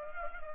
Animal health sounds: mosquito wingbeat signal from an infrared sensor; Culex pipiens

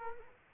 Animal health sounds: mosquito wingbeat signal from an infrared sensor; Culex quinquefasciatus

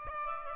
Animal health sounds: mosquito wingbeat signal from an infrared sensor; Aedes albopictus

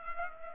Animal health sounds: mosquito wingbeat signal from an infrared sensor; Culex pipiens

